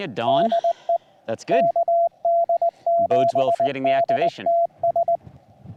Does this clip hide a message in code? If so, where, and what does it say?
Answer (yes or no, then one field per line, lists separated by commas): yes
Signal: Morse code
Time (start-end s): 0.3-5.2 s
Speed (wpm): 19 wpm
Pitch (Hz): 680 Hz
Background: speech, radio noise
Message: DE KD7DTS